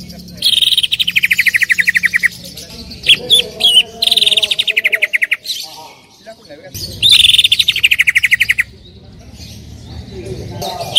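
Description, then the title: Greater green leafbird trilling: two long, rapid rattling bursts separated by a pause with a few sharp chips. Female calling to a male, very vocal. "CUCAK IJO BETINA GACOR HIPER MEMANGGIL JANTAN"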